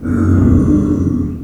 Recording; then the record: squeal of a Yucatan mini pig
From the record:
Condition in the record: after surgery on the right vocal fold (resection and tissue-engineered implant); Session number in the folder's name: 6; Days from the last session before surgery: 40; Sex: female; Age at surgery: 19 weeks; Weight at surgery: 25 kg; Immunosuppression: prednisolone